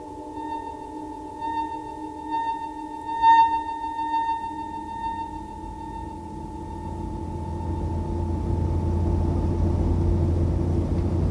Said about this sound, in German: Wie war das doch? Er war mit seiner Frau im Auto gefahren...